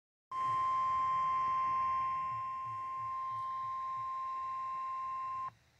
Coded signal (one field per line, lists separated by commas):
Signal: Emergency Alert System (SAME) tones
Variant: 1050 Hz attention tone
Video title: EAS Alert #173. Severe Thunderstorm Warning.